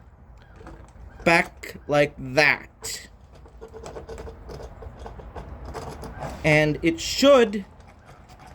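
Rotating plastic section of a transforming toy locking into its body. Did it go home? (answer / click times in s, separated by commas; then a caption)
no / none. Someone talks while rotating a plastic section of a transforming robot toy back toward its body, with faint plastic handling taps and rattles beneath the speech. The section has not yet locked into place; nothing has seated or clicked yet.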